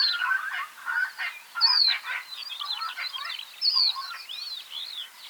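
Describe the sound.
Capped wheatear song: a rapid, scratchy jumble of varied chirps and whistled notes with a few clearer, higher slurred notes mixed in, continuous throughout.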